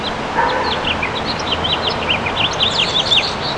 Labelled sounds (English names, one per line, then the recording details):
House Finch song
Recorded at Great River on Long Island, New York, on 19 June 2013
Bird A